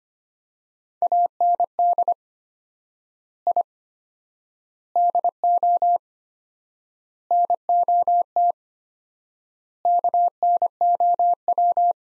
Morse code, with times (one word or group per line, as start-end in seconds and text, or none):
1.0-2.1 AND
3.5-3.6 I
5.0-6.0 DO
7.3-8.5 NOT
9.9-11.9 KNOW